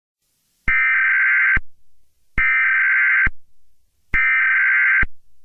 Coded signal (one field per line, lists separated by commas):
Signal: Emergency Alert System (SAME) tones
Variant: header bursts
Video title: EAS Scenario #35: The Green Beans Rampage